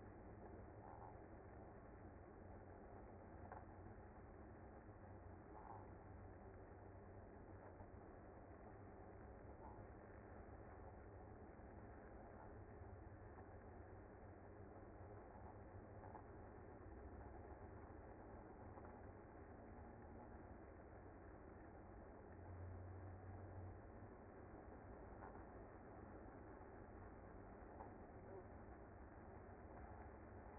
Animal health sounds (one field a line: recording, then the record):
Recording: honeybee colony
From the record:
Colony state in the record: active